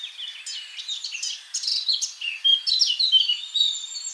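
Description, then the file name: Eurasian blackcap warbling in a fast, continuous stream of varied chirps and squeaky whistles that becomes louder after a quieter start. "Sylvia atricapilla"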